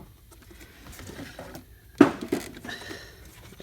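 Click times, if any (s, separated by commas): none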